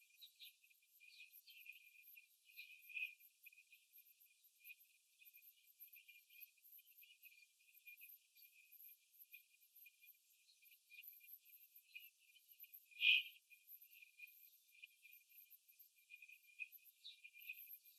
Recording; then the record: young laying hens in a cage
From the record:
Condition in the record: after the stressor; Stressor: simulated dog barking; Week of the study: 3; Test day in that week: 2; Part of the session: 2